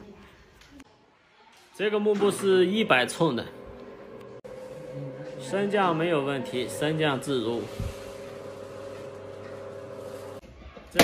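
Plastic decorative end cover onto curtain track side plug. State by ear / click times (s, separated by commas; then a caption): seated / 11.0 s. A plastic decorative end cover is snapped onto the side plug at the end of a motorized curtain track. Someone talks over a steady hum from about 4.4 s on. A sharp, loud snap at 11.0 s marks the cover seating in place.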